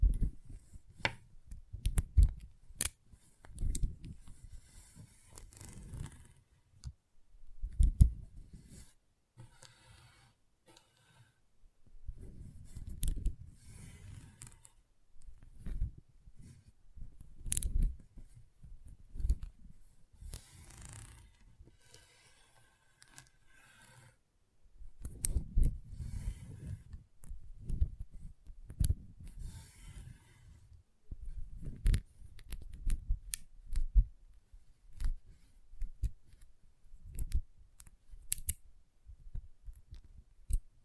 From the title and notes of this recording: ASMR Intense Magnetic Tingles (No Talking).